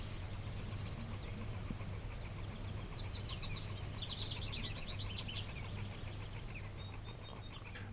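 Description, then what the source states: House wren singing a fast, warbling run of high chattering notes, set against a constant low droning hum. Warbly, bubbly song made up of many different notes; recorded in the badlands.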